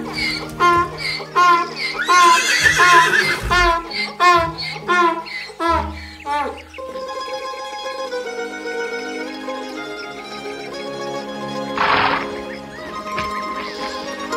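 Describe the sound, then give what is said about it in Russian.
A horse neighs in a series of shrill, wavering whinnies over the first several seconds, then steady sustained tones take over for the rest, with a short noisy burst near the end. “Эй, конь, что это такое?”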